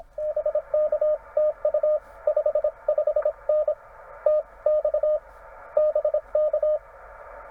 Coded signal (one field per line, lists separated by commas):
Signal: Morse code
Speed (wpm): 26 wpm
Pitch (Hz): 600 Hz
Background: none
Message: BK TU 55N TX BK